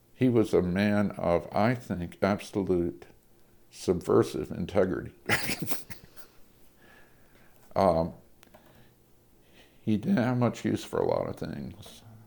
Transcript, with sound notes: he was a man of, I think, absolute, subversive integrity. [laughter] He hadn't much use for a lot of things.